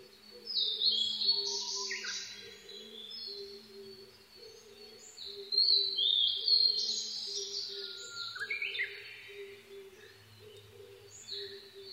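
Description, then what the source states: Blue-and-white flycatcher singing several high, warbled phrases a few seconds apart, each with slurred notes and descending buzzes, over a steady low humming drone. Recorded 22 May 2011 at 04:34.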